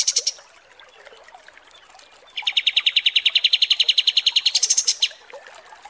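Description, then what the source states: Striated Grassbird: kapas tembak song: a short high flurry, a lull, then a fast repeated chatter that ends in a shrill, higher burst. Masteran tutoring recording of kapas tembak song.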